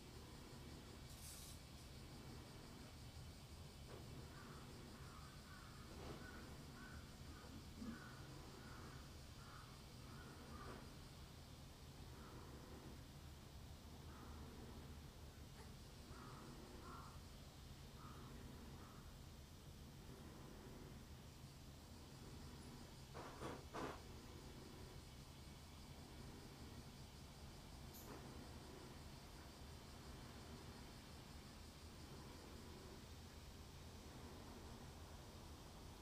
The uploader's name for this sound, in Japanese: 洗濯機が止まるまで庭を録ってみた